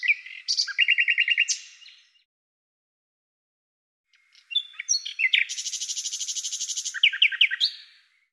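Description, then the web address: Bird song in two bursts: a brief trilled phrase, a two-second silence, then a longer buzzy rapid trill ending in stuttering lower notes. "Deverinetal 2025"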